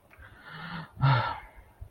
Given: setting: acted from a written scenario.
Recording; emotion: vocal sound without words; shame